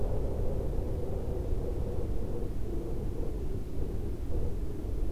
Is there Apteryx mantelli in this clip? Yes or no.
no